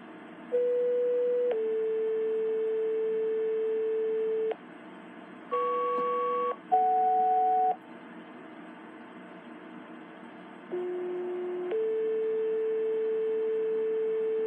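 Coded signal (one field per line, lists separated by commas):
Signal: pager alert tone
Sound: series of steady tones in sequence, some two-tone chords, each lasting about one to three seconds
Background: radio static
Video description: this is me sending out pager tones to my ht1000 requested by FireAlarmMaster623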